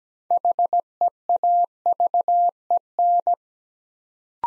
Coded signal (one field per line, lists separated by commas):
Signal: Morse code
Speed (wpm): 17 wpm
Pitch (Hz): 700 Hz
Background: none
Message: HEAVEN